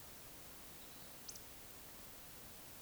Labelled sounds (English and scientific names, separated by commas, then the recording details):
Eurasian Woodcock (Scolopax rusticola) whistle
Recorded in Baden-Württemberg, Germany, on 20 May 2021 at 19:44 UTC
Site 24606, 635 m above sea level